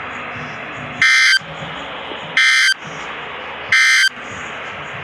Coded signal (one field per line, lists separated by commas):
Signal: Emergency Alert System (SAME) tones